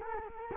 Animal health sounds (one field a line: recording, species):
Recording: mosquito wingbeat signal from an infrared sensor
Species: Culex quinquefasciatus